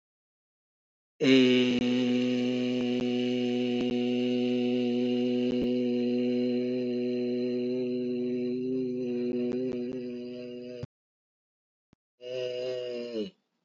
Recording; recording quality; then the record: sustained vowel as in made; excellent, no background noise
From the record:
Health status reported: healthy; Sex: male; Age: 43 years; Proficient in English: yes